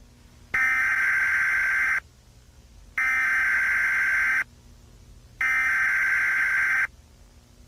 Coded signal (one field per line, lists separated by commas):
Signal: Emergency Alert System (SAME) tones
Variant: header bursts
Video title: EAS scenario: Kee Hat#s Me 4 (FULL)